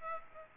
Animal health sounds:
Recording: mosquito wingbeat signal from an infrared sensor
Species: Aedes aegypti

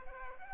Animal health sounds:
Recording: mosquito wingbeat signal from an infrared sensor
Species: Aedes aegypti

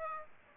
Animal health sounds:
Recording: mosquito wingbeat signal from an infrared sensor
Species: Aedes aegypti

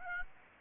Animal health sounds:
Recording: mosquito wingbeat signal from an infrared sensor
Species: Aedes aegypti

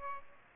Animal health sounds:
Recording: mosquito wingbeat signal from an infrared sensor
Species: Aedes aegypti

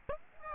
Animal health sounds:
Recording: mosquito wingbeat signal from an infrared sensor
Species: Aedes aegypti

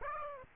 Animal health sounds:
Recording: mosquito wingbeat signal from an infrared sensor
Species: Aedes aegypti

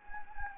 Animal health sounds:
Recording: mosquito wingbeat signal from an infrared sensor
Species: Anopheles gambiae

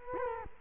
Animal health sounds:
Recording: mosquito wingbeat signal from an infrared sensor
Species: Culex quinquefasciatus

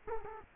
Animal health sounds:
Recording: mosquito wingbeat signal from an infrared sensor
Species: Culex quinquefasciatus

